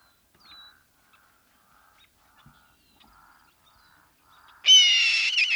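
Red-tailed hawk scream: near-silence with faint background chirps, then one loud, hoarse, harmonic screech bursts in at the end and holds to the close.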